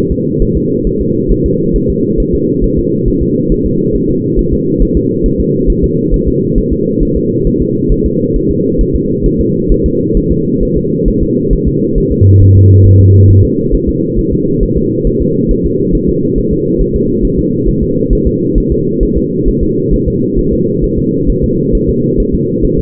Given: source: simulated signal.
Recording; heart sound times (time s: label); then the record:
fetal heart sounds
0.12 s: S2
0.42 s: S1
0.57 s: S2
0.87 s: S1
1.01 s: S2
1.32 s: S1
1.46 s: S2
1.76 s: S1
1.90 s: S2
2.20 s: S1
2.35 s: S2
2.64 s: S1
2.79 s: S2
3.08 s: S1
3.22 s: S2
3.52 s: S1
3.66 s: S2
3.95 s: S1
4.10 s: S2
4.39 s: S1
4.53 s: S2
4.82 s: S1
4.97 s: S2
5.26 s: S1
5.40 s: S2
5.70 s: S1
5.84 s: S2
6.14 s: S1
6.28 s: S2
6.58 s: S1
6.73 s: S2
7.03 s: S1
7.17 s: S2
7.47 s: S1
7.62 s: S2
7.92 s: S1
8.06 s: S2
8.36 s: S1
8.51 s: S2
8.81 s: S1
8.95 s: S2
9.26 s: S1
9.41 s: S2
9.72 s: S1
9.86 s: S2
10.17 s: S1
10.32 s: S2
10.63 s: S1
10.77 s: S2
11.08 s: S1
11.23 s: S2
11.53 s: S1
11.68 s: S2
11.98 s: S1
12.12 s: S2
12.42 s: S1
12.57 s: S2
12.86 s: S1
13.01 s: S2
13.31 s: S1
13.45 s: S2
13.75 s: S1
13.89 s: S2
14.19 s: S1
14.33 s: S2
14.63 s: S1
14.77 s: S2
15.07 s: S1
15.22 s: S2
15.51 s: S1
15.66 s: S2
15.95 s: S1
16.09 s: S2
16.38 s: S1
16.53 s: S2
16.81 s: S1
16.96 s: S2
17.25 s: S1
17.39 s: S2
17.69 s: S1
17.83 s: S2
18.13 s: S1
18.27 s: S2
18.58 s: S1
18.72 s: S2
19.03 s: S1
19.18 s: S2
19.48 s: S1
19.63 s: S2
19.94 s: S1
20.08 s: S2
20.39 s: S1
20.53 s: S2
20.84 s: S1
20.99 s: S2
21.30 s: S1
21.44 s: S2
21.75 s: S1
21.89 s: S2
22.20 s: S1
22.35 s: S2
22.65 s: S1
22.79 s: S2
From the record:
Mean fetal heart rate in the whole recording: 135 bpm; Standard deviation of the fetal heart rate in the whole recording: 3 bpm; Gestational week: 36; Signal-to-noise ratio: -11.2 dB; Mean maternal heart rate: 72 bpm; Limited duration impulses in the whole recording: present